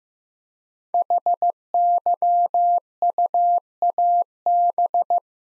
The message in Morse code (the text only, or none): HYUAB